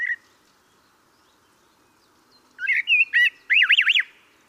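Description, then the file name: Common blackbird phrase of swooping notes ending in a rapid wavering trill that rises and falls several times. "Turdus merula"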